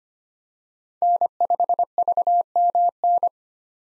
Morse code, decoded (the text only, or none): N5VMN